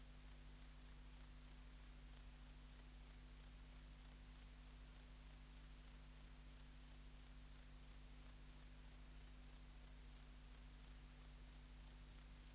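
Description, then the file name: Grey bush-cricket giving a long, even sequence of short, sizzling high chirps, around three per second, against a continuous low hum. "Platycleis albopunctata"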